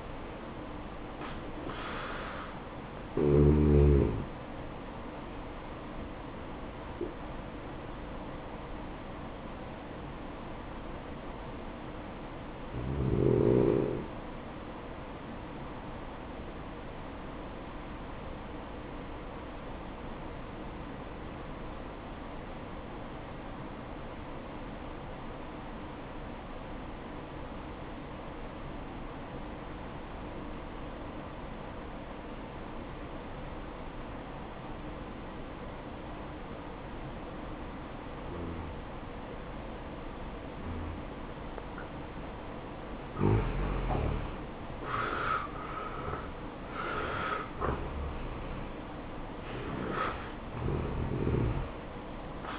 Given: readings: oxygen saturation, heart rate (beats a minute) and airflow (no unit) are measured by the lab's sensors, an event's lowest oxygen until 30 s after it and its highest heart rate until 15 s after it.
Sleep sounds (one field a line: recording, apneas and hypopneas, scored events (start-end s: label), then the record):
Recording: breathing in sleep by a voice recorder at the bedside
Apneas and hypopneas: 1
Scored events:
18.00-45.20 s: obstructive apnea (N1, oxygen 95% highest, then 84% lowest, heart rate 62 at the start, 73 highest)
23.00-52.59 s: new sleep stage, N2 (light sleep)
From the record:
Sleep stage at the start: N1 (lightest sleep)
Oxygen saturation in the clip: 82 to 95%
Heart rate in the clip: 58 to 77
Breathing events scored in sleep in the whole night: 573 in 9.8 hours asleep